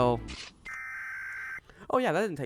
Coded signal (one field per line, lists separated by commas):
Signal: Emergency Alert System (SAME) tones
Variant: header bursts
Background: speech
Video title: The Community Behind the Emergency Alert System